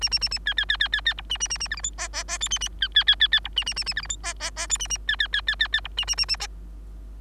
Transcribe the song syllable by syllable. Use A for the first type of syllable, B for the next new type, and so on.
A A A A B B B B B B C A A A A D E F G G G H A A B B B B B C A A A A D E F G G G H A A B B B B B B C A A A A G